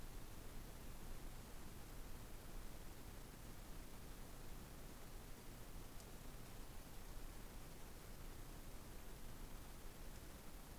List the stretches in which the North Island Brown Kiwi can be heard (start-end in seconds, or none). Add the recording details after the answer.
none. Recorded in New Zealand on 13 December 2015. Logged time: 21:44. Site CL72